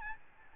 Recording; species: mosquito wingbeat signal from an infrared sensor; Aedes albopictus